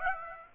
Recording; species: mosquito wingbeat signal from an infrared sensor; Aedes aegypti